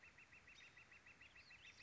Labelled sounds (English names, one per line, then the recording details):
Northern Flicker
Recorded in Sonoma County, California